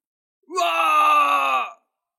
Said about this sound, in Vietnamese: Hắn ta hét to, thân thể bị phá hủy, nguyên thần muốn chạy trốn, kết quả bị Thạch Hạo bắt được.